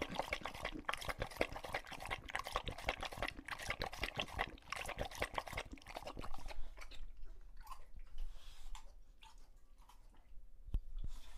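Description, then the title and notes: English Bulldog lapping water rapidly with wet splashes, then a quieter stretch of occasional slurps and drips. Male English Bulldog named Lucho drinking from a water bowl after a long walk, heavily out of breath between drinks. "English Bulldog Drinks from Water Bowl - Weird Sounds. Lucho the English Bulldog as he tries to drink water after a long walk. Don't let his heavy breathing fool you in between drinks, he's equally out of breath from the walk"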